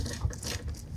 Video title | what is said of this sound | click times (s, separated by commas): Aquarius 2.0 Tour.... Showing most equipment used on AQUARIUS.. Full Tour... | And then you make sure that it it just locks in place just like that. | 0.3 s